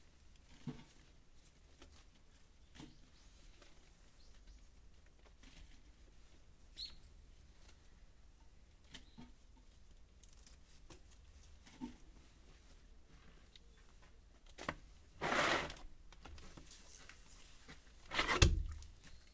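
Someone prepares freshly harvested mizukakena greens for shipping, weighing them and binding bundles with tape. Soft taps and rustles come every couple of seconds over a low steady hum, then two louder, ripping bursts near the end, at about 15 and 18 seconds.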